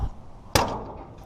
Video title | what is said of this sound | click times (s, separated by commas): How To Load a Car onto a U-Haul Auto Transport Trailer - Plus Trailer Hook Up & Disconnect | it snaps like that that releases all the tension and | 0.6 s